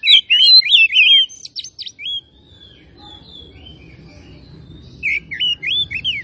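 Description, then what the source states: Oriental magpie-robin delivering a fast run of warbled whistles and sharp clicks, falling silent for several seconds before a few more slurred whistles. Kacer of the Tretes type, described as gacor (singing vigorously).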